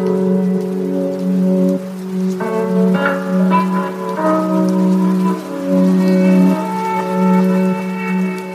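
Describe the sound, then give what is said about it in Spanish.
Steady rain falls outside, big drops pattering against a window throughout, a soft hiss beneath sustained, bell-like musical tones that shift chords every couple of seconds. No one speaks. “mientras llueve fuera y vemos cómo caen los goterones por la ventana”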